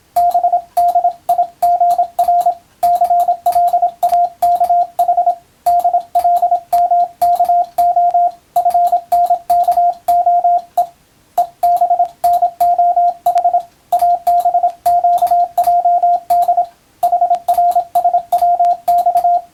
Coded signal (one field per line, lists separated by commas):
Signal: Morse code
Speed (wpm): 27 wpm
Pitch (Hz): 700 Hz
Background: radio noise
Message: BDIGR CLAKH DLMKO FNKOE EBNOH ABQJD HRSWX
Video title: モールスＣＷトレーニング用、YouTubeの再生速度を調整して自分のスピードで練習してみよう！総合無線通信士試験の練習です。(morse code practice radio operator )